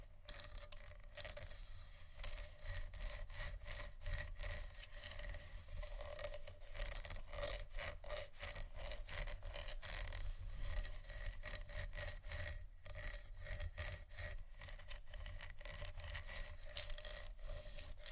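Scratching fills the whole stretch, a dense run of quick, bright, rasping strokes that sound almost like sawing or filing on wood. The strokes come rapidly and fairly evenly, with a few brief pauses, over a steady low rumble underneath.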